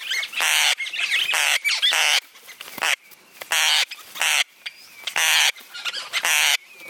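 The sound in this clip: Parrot producing rough, screechy squawks in irregular bursts, some long and some clipped, with quieter gaps between them.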